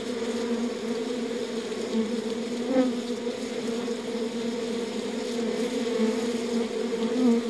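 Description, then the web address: Bee buzzing: a steady, droning hum throughout, with one brief sharp click partway through. "пчела"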